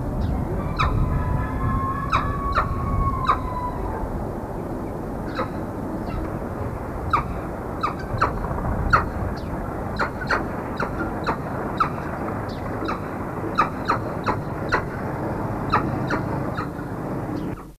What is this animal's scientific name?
Phalcoboenus megalopterus